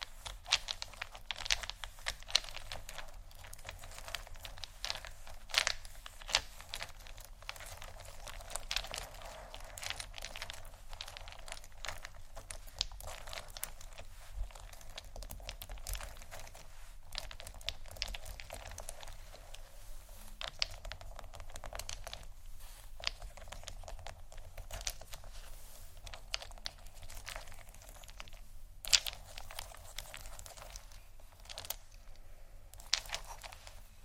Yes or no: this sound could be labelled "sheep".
no